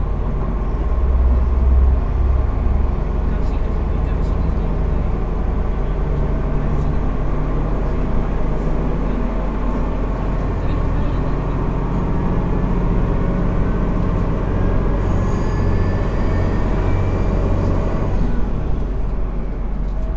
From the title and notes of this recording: JR九州 200系気動車の走行音です。 久大線の普通列車で録音しました。 区間は、大分から賀来までです。 It is running sound of the Kyushu Railway Company 200 series diesel. I recorded on a local train of Kyudai line.